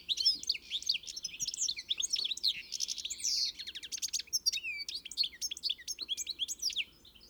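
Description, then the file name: European goldfinch song, continuous fast twittering of sweet, liquid notes and short buzzy slurs throughout. "Carduelis carduelis"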